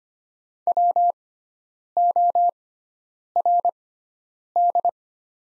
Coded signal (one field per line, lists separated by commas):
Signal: Morse code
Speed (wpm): 25 wpm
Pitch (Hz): 700 Hz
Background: none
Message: WORD